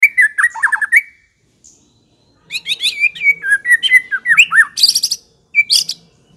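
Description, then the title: White-rumped shama song: rich varied whistled phrases with rapid chattering notes and buzzy high bursts, a pause after one second, then a long fast medley. Lure recording of a fierce white-rumped shama, used to provoke other birds. "Pancingan Murai Batu Galak"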